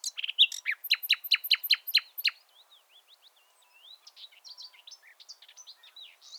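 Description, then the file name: Common nightingale song: a series of loud, sharp repeated downward notes, followed by softer, varied twittering whistles. "Luscinia megarhynchos"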